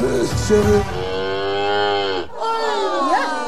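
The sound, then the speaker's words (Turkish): A cow moos twice, a long, loud, droning low with strong harmonics, then a second shorter moo that rises and falls in pitch after a brief pause. “İnek mi?”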